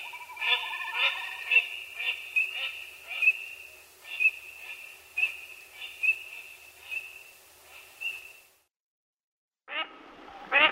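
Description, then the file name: Eurasian teal giving short, high whistled notes repeated many times, a brief silence, then a few more calls at the end. "Anas crecca"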